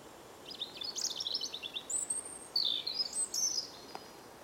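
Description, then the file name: European robin song: high, thin warbled phrases with fast jittery notes and long sliding whistles, over a soft hiss of background noise. "Erithacus rubecula"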